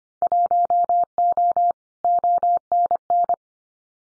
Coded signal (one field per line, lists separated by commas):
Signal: Morse code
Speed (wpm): 25 wpm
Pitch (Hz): 700 Hz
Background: none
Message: 1O ONN